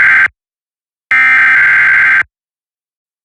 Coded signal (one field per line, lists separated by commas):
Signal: Emergency Alert System (SAME) tones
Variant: header bursts